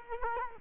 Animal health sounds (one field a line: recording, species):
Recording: mosquito wingbeat signal from an infrared sensor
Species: Culex quinquefasciatus